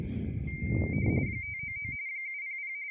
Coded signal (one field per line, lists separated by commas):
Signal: RTTY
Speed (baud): 45.45 baud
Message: 599 700